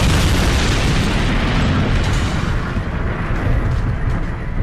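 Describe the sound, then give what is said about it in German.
A massive, sustained explosive roar of a meteorite about 10 kilometres in diameter striking the Earth in the region of Mexico and creating a gigantic fireball, loud and continuous with deep rumbling bass and broad crackling noise, holding steady throughout without any speech. “Und schlägt dann im Bereich jetzt von Mexiko ein und erzeugt einen gigantischen Feuerball, der dann eben auch Staub und Gestein bis in die Erdatmosphäre herumwirbelt.”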